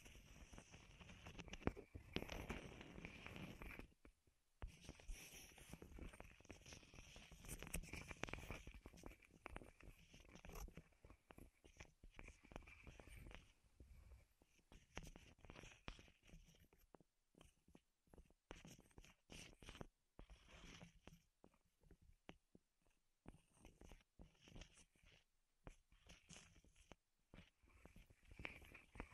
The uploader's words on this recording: ASMR Wood Triggers in Your Ears (No Talking).